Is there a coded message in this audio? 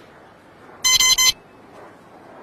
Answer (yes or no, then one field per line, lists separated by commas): no